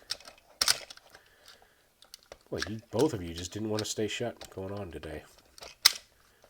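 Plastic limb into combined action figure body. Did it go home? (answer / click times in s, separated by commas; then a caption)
yes / 5.9 s. Someone talks while fitting a plastic limb onto the combined action figure body of a Fans Hobby MB-18 Energy Commander for its combined mode, with light plastic handling clicks early on. A loud, sharp snap at 5.9 s marks the limb finally seating into place.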